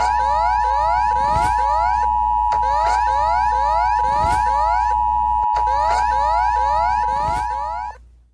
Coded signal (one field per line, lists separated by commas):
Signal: Emergency Alert System (SAME) tones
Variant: 853 and 960 Hz attention tone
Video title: ranking EAS alarms by scariness (part 2)